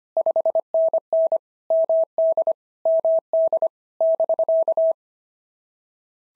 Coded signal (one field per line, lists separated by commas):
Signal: Morse code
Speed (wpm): 25 wpm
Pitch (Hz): 650 Hz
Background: none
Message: 5NN MD MD <BK>